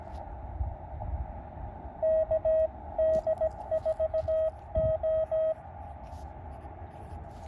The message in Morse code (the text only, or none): KD4O